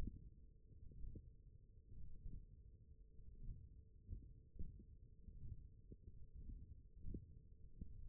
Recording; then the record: forearm muscle sounds (acoustic myography)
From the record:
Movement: index flexion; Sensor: system 1, eight BSWA MPA416 microphones around the upper forearm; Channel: 1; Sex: male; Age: 21 years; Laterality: right